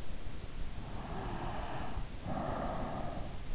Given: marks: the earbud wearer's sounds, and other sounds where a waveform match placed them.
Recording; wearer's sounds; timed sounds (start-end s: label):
sounds in sleep by an in-ear microphone; breath
0.73-3.31 s: breath